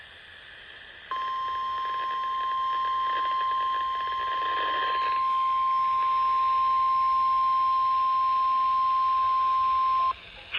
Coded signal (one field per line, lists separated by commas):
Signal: Emergency Alert System (SAME) tones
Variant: 1050 Hz attention tone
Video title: Double Header FLW | EAS #947 & #948